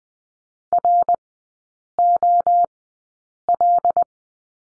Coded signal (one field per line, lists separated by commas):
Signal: Morse code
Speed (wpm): 20 wpm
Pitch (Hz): 700 Hz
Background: none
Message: ROL